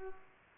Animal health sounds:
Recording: mosquito wingbeat signal from an infrared sensor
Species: Culex pipiens

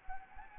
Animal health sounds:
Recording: mosquito wingbeat signal from an infrared sensor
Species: Anopheles gambiae

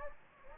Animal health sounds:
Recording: mosquito wingbeat signal from an infrared sensor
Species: Anopheles gambiae

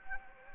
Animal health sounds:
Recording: mosquito wingbeat signal from an infrared sensor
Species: Anopheles arabiensis

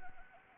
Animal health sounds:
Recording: mosquito wingbeat signal from an infrared sensor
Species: Anopheles arabiensis

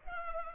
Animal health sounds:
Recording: mosquito wingbeat signal from an infrared sensor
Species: Culex pipiens

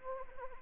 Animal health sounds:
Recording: mosquito wingbeat signal from an infrared sensor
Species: Anopheles arabiensis

